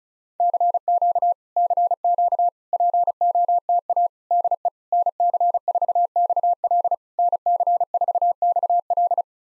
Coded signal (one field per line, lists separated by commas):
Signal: Morse code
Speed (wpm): 31 wpm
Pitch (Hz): 690 Hz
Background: none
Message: CQ CQ POTA DE NC4XL NC4XL